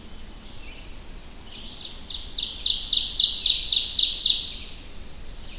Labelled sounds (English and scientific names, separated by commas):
Ovenbird (Seiurus aurocapilla) song